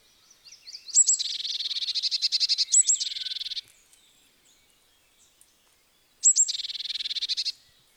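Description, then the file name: Eurasian blue tit calls: thin high introductory notes leading into long scolding churrs, a lengthy burst early and another after a few seconds of quiet. "Cyanistes caeruleus"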